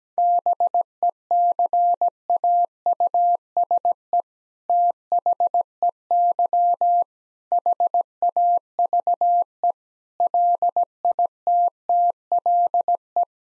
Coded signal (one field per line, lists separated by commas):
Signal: Morse code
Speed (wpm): 17 wpm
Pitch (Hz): 700 Hz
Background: none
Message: BECAUSE THEY HAVE LITTLE